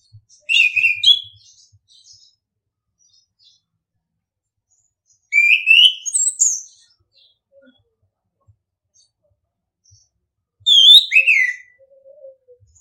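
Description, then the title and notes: Orange-headed thrush singing three separate short phrases of clear whistles and squeaky notes, spaced about five seconds apart, with quiet pauses. Masteran (training) song in the ngeplong style. "ANIS KEMBANG NGEPLONG. Masteran Anis Kembang"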